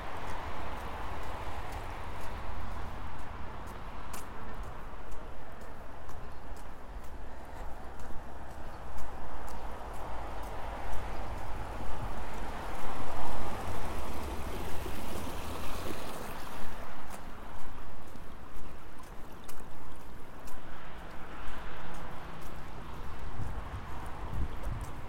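Walking in the morning toward a seedling greenhouse, footsteps tapping in a steady, regular rhythm over a constant low rumble of traffic. Around the middle a car swells past with a rising hiss, and the steps grow sharper and more frequent afterward.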